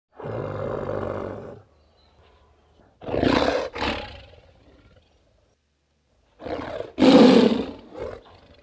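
Tiger growls: three rough bursts separated by silent pauses, the later bursts breaking into two or more pulses.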